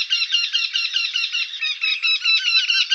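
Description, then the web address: Eurasian wryneck calling: a fast, even series of nasal, ringing notes, running without a break for the full three seconds. "Jynx torquilla"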